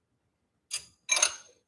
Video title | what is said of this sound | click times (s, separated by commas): Nissan Altima BAE Update- New Brake Pads! (2) | So, those guys both torqued out. | 1.1 s, 1.2 s